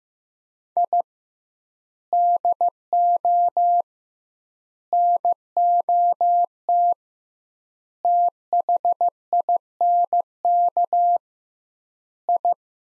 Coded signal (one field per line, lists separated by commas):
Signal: Morse code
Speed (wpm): 15 wpm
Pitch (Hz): 700 Hz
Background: none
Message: I DO NOT THINK I